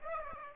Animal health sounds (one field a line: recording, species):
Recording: mosquito wingbeat signal from an infrared sensor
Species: Aedes aegypti